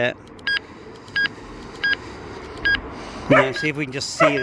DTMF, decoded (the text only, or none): none